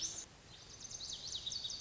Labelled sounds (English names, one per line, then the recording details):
Lazuli Bunting
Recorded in Sonoma County, California